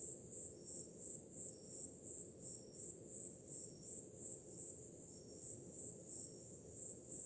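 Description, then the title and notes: Crickets chirping in rapid high pulses, roughly three per second, set against broad low wave noise. Summer night, with ocean sounds in the background. "Grilos, cigarras e oceano - Crickets, cicadas and waves. Som do mar ao fundo, grilos e cigarras em uma noite de verão – Ocean, crickets and cicadas in a summer night"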